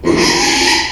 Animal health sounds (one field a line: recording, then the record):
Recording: squeal of a Yucatan mini pig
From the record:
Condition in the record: after surgery on the right vocal fold (resection and tissue-engineered implant)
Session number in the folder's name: 2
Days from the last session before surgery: 13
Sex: male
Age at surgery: 12 weeks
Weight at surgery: 13 kg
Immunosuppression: cyclosporine, prednisolone